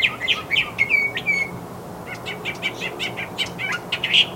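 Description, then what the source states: Northern Mockingbird song: a rapid mix of squeaky notes, thin whistles and dry chips. Recorded by Ron Batie for the Macaulay Library; the species mimics other songbirds, and each phrase of its complex song is usually repeated three to five times.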